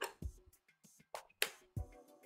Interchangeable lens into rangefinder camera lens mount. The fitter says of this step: that is attached with a very satisfying click the whole kit